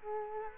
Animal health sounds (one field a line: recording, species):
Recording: mosquito wingbeat signal from an infrared sensor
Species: Culex quinquefasciatus